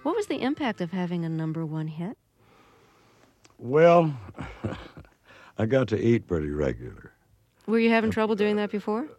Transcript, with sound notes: What was the impact of having a number one hit?
Well...
(LAUGHTER)
...I got to eat pretty regular.
Were you having trouble doing that before?